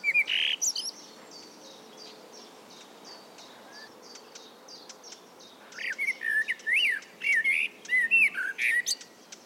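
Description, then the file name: Common blackbird singing short fluty warbled phrases that end in high squeaky twitters, one burst at the start and a longer run after a quiet gap. "Turdus merula"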